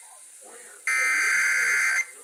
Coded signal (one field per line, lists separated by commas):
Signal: Emergency Alert System (SAME) tones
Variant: header bursts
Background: speech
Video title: December Tornado Trouble... - EAS alerts of 12/28 (EAS #1,856-1,903)